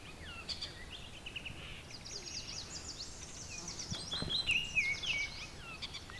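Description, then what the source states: Baltimore Oriole song: clear whistled notes rising and falling in the second half, mixed with other high chips and twitters over a quiet background hiss. Two Baltimore orioles singing in a swamp; June 20, 2020.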